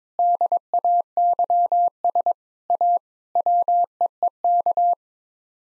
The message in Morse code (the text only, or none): DAYS A WEEK